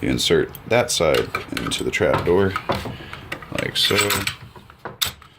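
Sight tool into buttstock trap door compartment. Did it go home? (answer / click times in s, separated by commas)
yes / 5.0 s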